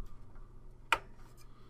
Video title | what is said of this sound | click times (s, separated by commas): Video Demonstration Connect the Internal Power Cables | it clicked into place | 0.9 s